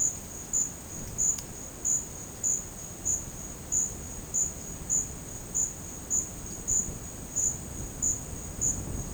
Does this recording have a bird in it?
no